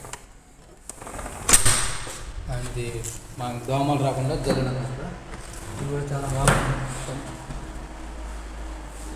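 A release button is pressed on the automatic lock of a sliding double window, and the latch opens so the sash can move. Two short, sharp hits are heard at 0.1 and 0.9 seconds, followed by someone talking. There are louder knocks around 1.5 and 6.5 seconds.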